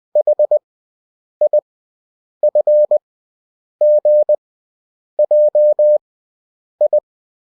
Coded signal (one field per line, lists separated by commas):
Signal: Morse code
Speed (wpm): 20 wpm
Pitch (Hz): 600 Hz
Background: none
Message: H I F G J I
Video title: Advanced Morse Code Proficiency (F-J)